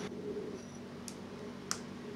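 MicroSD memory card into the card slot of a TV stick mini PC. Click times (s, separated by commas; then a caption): 1.7 s. A micro SDHC memory card is pushed into the card slot of an MK809 II Android 4.1 TV stick mini PC. A faint tick comes at 1.1 seconds, then a sharp, short click at 1.7 seconds over a steady low hum. The card is seated and then shows up as selectable.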